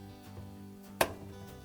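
The plastic lock nut holding the lower spray arm to a Whirlpool dishwasher's manifold is gripped at two opposite ends and turned about 1/8 turn clockwise until it locks. A single sharp, loud snap at 1.0 s marks it seating in place over a steady low hum, with a faint tick near the end.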